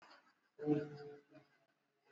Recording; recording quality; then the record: sustained vowel as in boot; moderate, slight background noise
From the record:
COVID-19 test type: RT-PCR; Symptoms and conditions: cough, cold, fever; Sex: male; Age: 26 years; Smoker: no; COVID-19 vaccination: both doses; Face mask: worn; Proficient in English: yes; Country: India